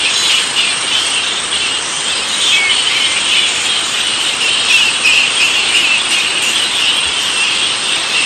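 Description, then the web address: Straw-coloured fruit bats giving an unbroken mass of high, scratchy squeaks and chirps. "earth naturelibrary assets s st straw-coloured fruit bat"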